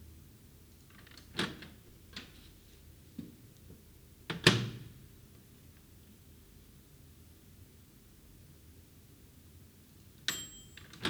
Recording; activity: daily activity, guitar pickup as the sensor; use microwave